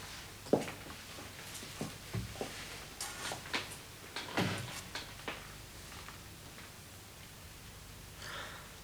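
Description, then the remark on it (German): A coded knocking signal meaning flour: a series of sharp, dry knocks tapped out in an irregular pattern of short groups and pauses, fading to quiet near the end. “Weißt du, was dieses Klopfzeichen bedeutete?”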